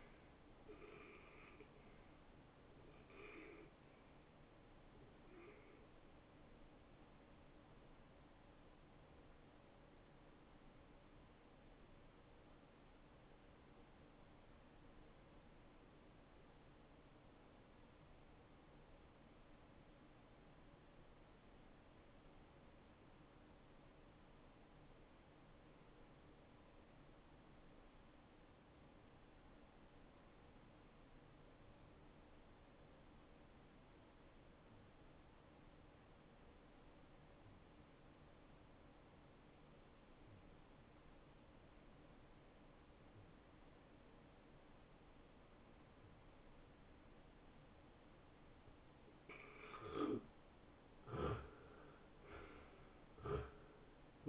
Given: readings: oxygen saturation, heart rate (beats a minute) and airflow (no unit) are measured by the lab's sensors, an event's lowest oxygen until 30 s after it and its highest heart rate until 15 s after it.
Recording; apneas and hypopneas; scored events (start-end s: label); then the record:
breathing in sleep by a voice recorder at the bedside; 1
5.00-35.00 s: new sleep stage, N1 (lightest sleep)
13.00-49.90 s: obstructive apnea (N1, oxygen 94% highest, then 82% lowest)
35.00-54.29 s: new sleep stage, N2 (light sleep)
From the record:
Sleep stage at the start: N2 (light sleep); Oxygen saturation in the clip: 81 to 94%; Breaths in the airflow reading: 3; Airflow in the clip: -11.7 to 8.3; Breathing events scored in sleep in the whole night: 263 in 5.5 hours asleep